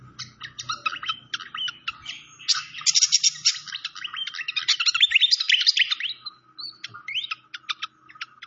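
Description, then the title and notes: Malaysian pied fantail song: scattered sharp chirps building into a dense, loud jumble of squeaky notes, then sparse chirps again over a faint low hum. Clear-voiced song from a masteran (training) recording. "Masteran Sikatan Kipas Suara Jernih Dan Suara Gemericik Air. Suara Burung Sikatan Londo"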